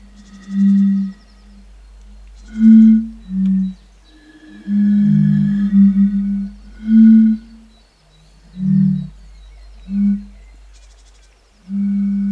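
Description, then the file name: European fire-bellied toads giving mellow, low hooting calls, short notes and a longer overlapping run. "cnv 08-henrik olsson anders dahl - bombina bombina"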